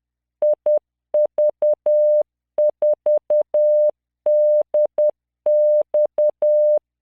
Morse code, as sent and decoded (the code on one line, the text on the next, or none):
.. ...- ....- -.. -..-
IV4DX